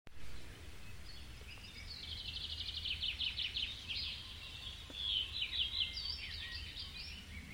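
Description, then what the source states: Birds singing rapid trills and chirps, one fast rattling phrase midway and another twittering burst later, with a low background hum throughout. Birds recorded in a forest.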